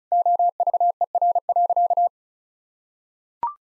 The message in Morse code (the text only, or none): OVER.